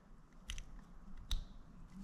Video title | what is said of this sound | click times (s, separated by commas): Smokey's interior the deconstruction and harness rebuild for Stubby | you can hear the click | 1.3 s